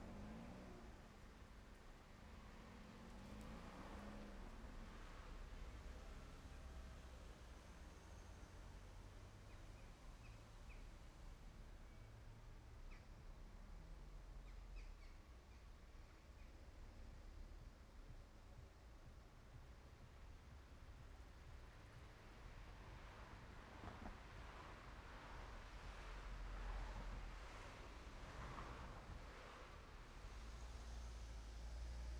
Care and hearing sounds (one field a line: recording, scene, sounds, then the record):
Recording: everyday scene through a hearing-aid microphone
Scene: in traffic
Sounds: traffic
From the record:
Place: main road on the outskirts, rush hour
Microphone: behind the ear, right, front